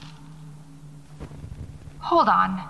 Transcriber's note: footsteps